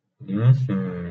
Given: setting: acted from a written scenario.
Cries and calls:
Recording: vocal sound without words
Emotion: desire

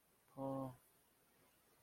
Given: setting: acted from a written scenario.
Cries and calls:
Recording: vocal sound without words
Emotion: sympathy

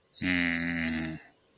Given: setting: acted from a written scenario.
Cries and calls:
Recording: vocal sound without words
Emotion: shame

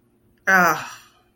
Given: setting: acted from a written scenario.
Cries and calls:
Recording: vocal sound without words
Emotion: embarrassment

